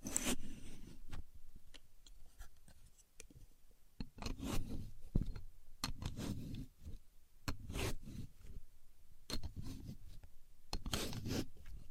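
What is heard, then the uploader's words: A contour gauge is handled, its pins sliding and scraping in short bursts of clicky, rattling friction. Louder sweeps come near the start and around four to five, eight, and eleven seconds, with scattered small ticks and quiet pauses between. A Contour Gauge. No Talking.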